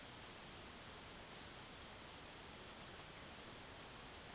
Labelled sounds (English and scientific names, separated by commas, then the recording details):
none
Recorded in secondary vegetation near Puerto Asís, Putumayo, Colombia, on 23 June 2025 at 12:30
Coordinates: 0.499, -76.323
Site G077